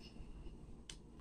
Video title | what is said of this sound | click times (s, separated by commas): Finding Water Damage With Flir One Thermal Camera (2nd Gen)? | the Lightning port snaps in there so it's a pretty satisfying click when it goes in there | 0.9 s